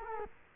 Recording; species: mosquito wingbeat signal from an infrared sensor; Culex quinquefasciatus